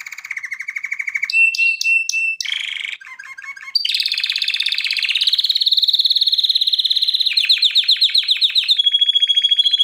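Canary singing a varied series of rapid trills, switching every second or two between lower rolling notes, metallic chips, buzzy bursts and high pulsed tours.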